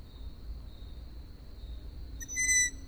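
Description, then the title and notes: Owl call: a single high, steady whistle arriving near the end, after a stretch of faint low background noise. Several owls, recorded at Židlochovice. "Sovy, Židlochovice, natočeno. Sovy v Židlochovicích, nahrál Tomáš Šenkyřík"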